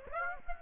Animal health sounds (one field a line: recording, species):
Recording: mosquito wingbeat signal from an infrared sensor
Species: Aedes aegypti